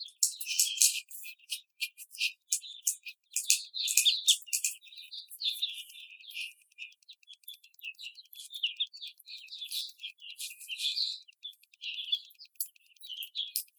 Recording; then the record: young laying hens in a cage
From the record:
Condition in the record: after the stressor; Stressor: simulated dog barking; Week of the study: 4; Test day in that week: 2